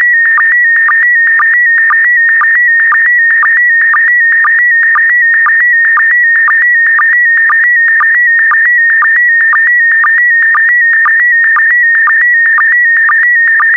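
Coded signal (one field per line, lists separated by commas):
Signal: SSTV (slow-scan television)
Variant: PD120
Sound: continuous warbling tone near 2 kHz with short low sync chirps about twice a second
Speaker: complete. You can now check your decoded image against the picture that is shown on the video.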